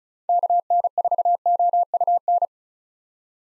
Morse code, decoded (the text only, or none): KN4OUN